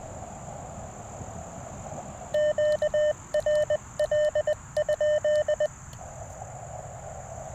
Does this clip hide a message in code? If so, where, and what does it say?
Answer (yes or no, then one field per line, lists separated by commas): yes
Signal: Morse code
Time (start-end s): 2.3-5.7 s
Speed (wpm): 21 wpm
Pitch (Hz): 600 Hz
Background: none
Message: QRL?